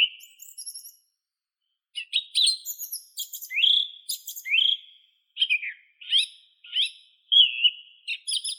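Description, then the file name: Song thrush song of varied phrases: clear whistled slurs, rapid chattering notes and a short pause early on, each motif sung in quick succession. "Neizvesten - Drozd pevchij Turdus philomelos"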